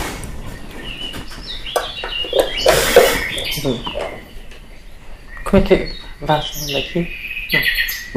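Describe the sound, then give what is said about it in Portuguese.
Birds chirp in bright, high-pitched bursts of tweets throughout, mixed with a person speaking in short phrases over them. “Estão a ouvir os pássaros agora e há bocado não estavam a ouvir, portanto.”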